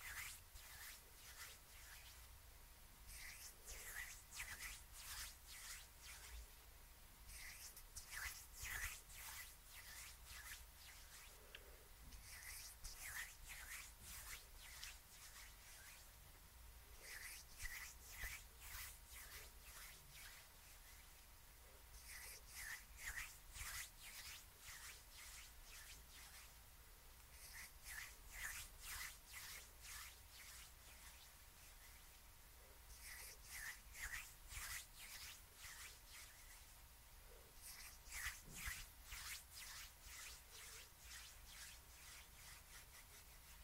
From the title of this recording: HAND MOVEMENTS, SCISSORS